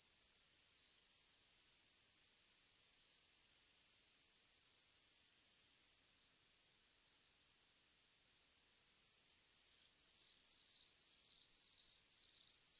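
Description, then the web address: Hirobane grasshopper stridulating in rapid pulsed buzzy trains for about six seconds, a short pause, then resuming in shorter bursts. Recorded 20 August 2006. "2006 060820 hirobanehinabatta"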